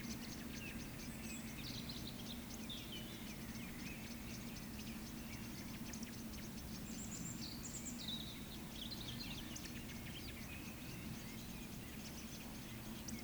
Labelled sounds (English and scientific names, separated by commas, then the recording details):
Eurasian Woodcock (Scolopax rusticola) whistle, Eurasian Woodcock (Scolopax rusticola) croak
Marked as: whistle, whistle, whistle, croak, whistle, croak, whistle
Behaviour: display flight
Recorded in Baden-Württemberg, Germany, on 14 May 2021 at 19:15 UTC
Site 25175, 602 m above sea level